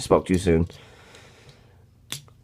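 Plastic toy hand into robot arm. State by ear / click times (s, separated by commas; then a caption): seated / 2.1 s. Someone talks briefly, then after a quiet stretch, a second plastic toy hand being pushed into a robot arm on a retry gives a sharp click at 2.1 s as it snaps into its locked position.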